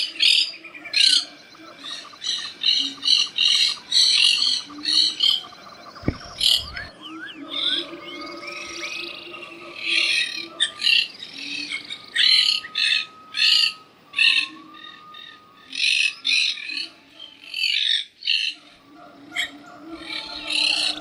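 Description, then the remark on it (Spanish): Long-tailed parakeets squawk in rapid, harsh bursts, a steady stream of high, scratchy calls repeating with short pauses throughout, over a faint low hum. “La cotorra suele vivir en las zonas de Indonesia y Malasia.”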